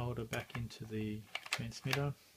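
Someone talks while handling an AAA battery holder and pushing it back into the radio transmitter body of a Kyosho Mini-Z MR03 Sports Readyset RC set, with a few light tapping sounds between the speech. The holder has not locked in yet, so nothing has seated or clicked.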